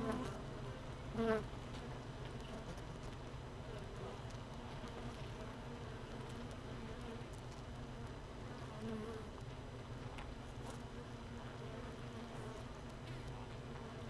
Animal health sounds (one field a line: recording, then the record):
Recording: honeybee colony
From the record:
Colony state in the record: missing queen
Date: 31 May 2018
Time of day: 15:23